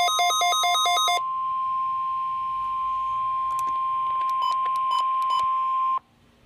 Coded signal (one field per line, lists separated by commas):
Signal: Emergency Alert System (SAME) tones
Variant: 1050 Hz attention tone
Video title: KIG86 Required Weekly Test - EAS #472